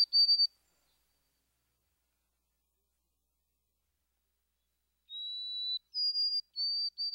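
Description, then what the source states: White-throated Sparrow song: the tail of a whistled note, a long silence, then a steady opening whistle followed by several higher whistled notes. Sweet whistle of one or more introductory notes followed by a series of triplets, 'peepity, peepity, peepity'.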